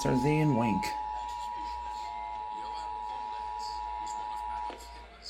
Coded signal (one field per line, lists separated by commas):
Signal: Emergency Alert System (SAME) tones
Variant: 853 and 960 Hz attention tone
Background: speech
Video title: Florida Required Monthly Test for August 2024 (8/20/24) (New EAS 613)